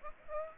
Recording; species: mosquito wingbeat signal from an infrared sensor; Aedes aegypti